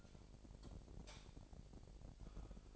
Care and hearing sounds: daily activity, microphone in the room; light off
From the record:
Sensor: 5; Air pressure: 1012.0 hPa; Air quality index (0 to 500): 250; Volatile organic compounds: 5 ppm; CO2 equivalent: 1709 ppm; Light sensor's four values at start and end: 42/100/41/44 and 41/94/40/42

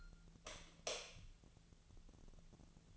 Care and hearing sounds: daily activity, microphone in the room; light off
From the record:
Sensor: 4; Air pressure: 1000.9 hPa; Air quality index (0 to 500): 123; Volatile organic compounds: 1 ppm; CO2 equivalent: 927 ppm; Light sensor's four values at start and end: 36/90/37/41 and 33/80/34/36

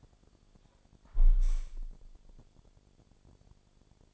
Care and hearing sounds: daily activity, microphone in the room; close window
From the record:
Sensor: 5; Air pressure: 1000.5 hPa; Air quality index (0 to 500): 154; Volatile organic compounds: 2 ppm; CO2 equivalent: 1179 ppm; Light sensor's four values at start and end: 39/92/38/41 and 39/92/38/41

